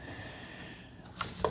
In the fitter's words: We're going to put the door on. It kind of snaps into place like that.